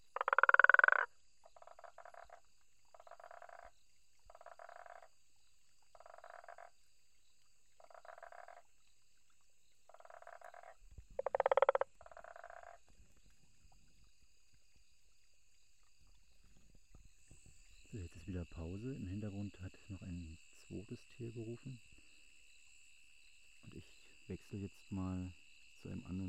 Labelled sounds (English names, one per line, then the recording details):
Guttural Toad call
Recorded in the wild
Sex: male
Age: adult
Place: Hoedspruit, Marepe Lodge, ZA
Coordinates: -24.45, 30.84
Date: 1995-01-16 23:45
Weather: 21°C, nach starkem Regen
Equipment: Sony TCD-D3, Sennheiser ME 80, K 30 AV
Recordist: Gutsche, Alexander